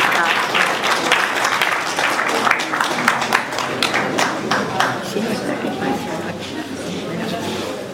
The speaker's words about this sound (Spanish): Fuerte el aplauso